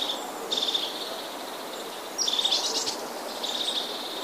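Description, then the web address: Crested Tit call: several short, rapid purring trills, one with a brief high note at its start, over a steady background hiss. "wroblowe ptaki czubatki"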